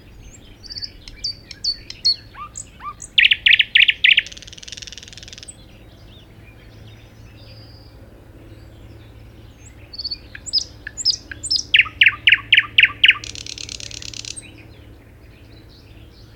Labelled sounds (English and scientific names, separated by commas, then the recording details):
Thrush Nightingale (Luscinia luscinia) song
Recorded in the wild
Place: Venz, Insel Rügen, Mecklenburg-Vorpommern, DE
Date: 1969-05-21
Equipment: NAGRA III BH, Sennheiser MD21 mit Reflektor (d=75 cm, Glasfiber) und Stativ
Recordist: Schubert, Michael